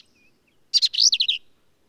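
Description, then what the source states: Black-capped vireo song: one brisk, emphatic phrase of rapid slurred and buzzy notes, lasting under a second. Male, believed same individual throughout; endangered per U.S. Fish and Wildlife Service; phrases sung alone, truncated, embellished or run together, lively and emphatic; Kerr Wildlife Management Area, Hunt, Texas hill country.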